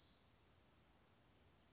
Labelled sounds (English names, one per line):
California Towhee